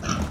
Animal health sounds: pig call; growing-finishing pig (85 days or more)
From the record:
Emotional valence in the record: positive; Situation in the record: run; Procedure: transit

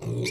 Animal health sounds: pig call; weaner (32 to 43 days)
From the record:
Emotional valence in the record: negative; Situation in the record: short isolation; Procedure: open field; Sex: female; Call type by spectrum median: low-frequency call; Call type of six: mixed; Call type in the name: high-frequency modulated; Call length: 0.31 s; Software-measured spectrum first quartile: 215 Hz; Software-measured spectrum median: 693 Hz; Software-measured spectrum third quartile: 3683 Hz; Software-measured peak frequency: 375 Hz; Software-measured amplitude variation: 85 dB a second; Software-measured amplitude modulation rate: 22.5 a second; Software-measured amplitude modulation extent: 3.8 dB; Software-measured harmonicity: 1.2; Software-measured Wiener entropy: -4.56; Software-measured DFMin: 1345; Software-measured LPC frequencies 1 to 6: 362, 2309, 3641, 4382, 5520, 7901 Hz

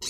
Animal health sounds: pig call; weaner (32 to 43 days)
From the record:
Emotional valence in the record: negative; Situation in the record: short isolation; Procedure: open field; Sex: female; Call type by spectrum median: high-frequency call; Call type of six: high-frequency stable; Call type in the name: high-frequency stable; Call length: 0.10 s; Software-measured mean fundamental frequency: 349 Hz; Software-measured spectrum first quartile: 3804 Hz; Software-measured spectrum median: 5236 Hz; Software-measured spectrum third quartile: 6764 Hz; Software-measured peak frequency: 3923 Hz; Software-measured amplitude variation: 47 dB a second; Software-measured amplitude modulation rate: 5.0 a second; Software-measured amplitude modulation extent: 9.4 dB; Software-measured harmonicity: 1.3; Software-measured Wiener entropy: -2.10

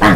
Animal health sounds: pig call; piglet (1 to 25 days)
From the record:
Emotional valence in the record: positive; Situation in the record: reunion after long isolation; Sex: female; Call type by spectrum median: low-frequency call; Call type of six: low-frequency tonal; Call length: 0.16 s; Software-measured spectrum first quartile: 242 Hz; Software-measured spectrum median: 699 Hz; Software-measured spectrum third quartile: 1434 Hz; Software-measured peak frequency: 183 Hz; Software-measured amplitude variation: 36 dB a second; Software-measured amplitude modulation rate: 9.3 a second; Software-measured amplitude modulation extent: 3.9 dB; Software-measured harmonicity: -1.0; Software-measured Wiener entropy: -1.15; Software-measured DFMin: 518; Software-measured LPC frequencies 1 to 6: 1078, 1841, 3231, 5365, 6225, 7123 Hz

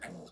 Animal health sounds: pig call; piglet (1 to 25 days)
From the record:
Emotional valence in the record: negative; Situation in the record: castration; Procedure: castration, cut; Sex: male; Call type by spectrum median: low-frequency call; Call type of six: mixed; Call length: 0.32 s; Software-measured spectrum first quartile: 380 Hz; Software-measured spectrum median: 1076 Hz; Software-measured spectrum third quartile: 2678 Hz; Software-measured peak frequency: 172 Hz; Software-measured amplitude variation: 103 dB a second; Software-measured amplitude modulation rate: 23.6 a second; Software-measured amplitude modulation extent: 4.4 dB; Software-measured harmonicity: 2.4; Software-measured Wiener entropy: -2.68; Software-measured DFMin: 583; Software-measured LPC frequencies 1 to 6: 577, 1695, 2151, 3484, 4084, 5218 Hz

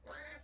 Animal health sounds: pig call; piglet (1 to 25 days)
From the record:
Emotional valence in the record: negative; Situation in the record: restrain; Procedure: back test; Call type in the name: high-frequency call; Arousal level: maximum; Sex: male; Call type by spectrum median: low-frequency call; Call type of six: high-frequency stable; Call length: 0.45 s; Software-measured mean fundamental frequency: 288 Hz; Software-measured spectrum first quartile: 1200 Hz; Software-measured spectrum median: 2392 Hz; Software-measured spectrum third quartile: 6433 Hz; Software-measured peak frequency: 595 Hz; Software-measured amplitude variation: 111 dB a second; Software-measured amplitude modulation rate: 16.8 a second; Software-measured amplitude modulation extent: 6.6 dB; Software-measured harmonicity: 1.7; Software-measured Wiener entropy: -2.30

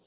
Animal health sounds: pig call; piglet (1 to 25 days)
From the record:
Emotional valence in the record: positive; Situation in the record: short reunion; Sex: male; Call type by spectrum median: low-frequency call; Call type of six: low-frequency tonal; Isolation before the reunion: 3 minutes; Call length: 0.07 s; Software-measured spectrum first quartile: 426 Hz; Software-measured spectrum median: 2244 Hz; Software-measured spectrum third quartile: 5259 Hz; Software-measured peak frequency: 414 Hz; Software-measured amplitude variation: 6 dB a second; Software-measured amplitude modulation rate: 6.7 a second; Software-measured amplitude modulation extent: 1.0 dB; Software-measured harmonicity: 2.8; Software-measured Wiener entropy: -1.77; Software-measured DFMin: 1533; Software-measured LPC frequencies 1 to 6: 511, 3945, 5580, 7802, 8754, 9238 Hz

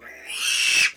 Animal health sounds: pig call; piglet (1 to 25 days)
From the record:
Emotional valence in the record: negative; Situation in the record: restrain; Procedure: sham castration, cut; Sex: male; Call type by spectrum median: high-frequency call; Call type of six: high-frequency modulated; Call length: 0.96 s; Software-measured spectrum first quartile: 2625 Hz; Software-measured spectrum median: 3462 Hz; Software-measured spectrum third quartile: 6145 Hz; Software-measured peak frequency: 2618 Hz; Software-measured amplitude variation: 119 dB a second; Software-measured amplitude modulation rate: 22.3 a second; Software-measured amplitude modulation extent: 5.3 dB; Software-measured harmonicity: 4.7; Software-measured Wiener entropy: -2.34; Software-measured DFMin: 896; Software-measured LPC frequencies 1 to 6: 1666, 2631, 3150, 4409, 5611, 8126 Hz

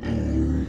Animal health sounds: pig call; growing-finishing pig (85 days or more)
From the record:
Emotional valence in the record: negative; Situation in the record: barren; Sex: female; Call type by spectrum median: low-frequency call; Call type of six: low-frequency modulated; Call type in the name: low-frequency modulated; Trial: 1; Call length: 0.69 s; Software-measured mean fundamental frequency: 62 Hz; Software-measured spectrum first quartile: 91 Hz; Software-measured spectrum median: 194 Hz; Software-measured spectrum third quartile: 323 Hz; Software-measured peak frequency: 257 Hz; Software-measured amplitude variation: 144 dB a second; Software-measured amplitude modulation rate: 29.8 a second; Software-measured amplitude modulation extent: 4.8 dB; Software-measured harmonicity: -2.4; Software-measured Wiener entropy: -0.83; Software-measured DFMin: 660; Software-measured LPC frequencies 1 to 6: 301, 1803, 2978, 3921, 4833, 5919 Hz

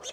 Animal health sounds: pig call; piglet (1 to 25 days)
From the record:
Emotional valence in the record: negative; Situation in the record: fighting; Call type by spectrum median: high-frequency call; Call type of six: high-frequency stable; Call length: 0.13 s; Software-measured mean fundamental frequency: 275 Hz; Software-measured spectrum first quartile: 1761 Hz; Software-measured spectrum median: 3505 Hz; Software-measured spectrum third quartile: 5638 Hz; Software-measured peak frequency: 516 Hz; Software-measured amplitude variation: 154 dB a second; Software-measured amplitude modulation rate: 3.8 a second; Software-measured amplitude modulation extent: 40.3 dB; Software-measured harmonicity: 3.4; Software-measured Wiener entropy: -1.99

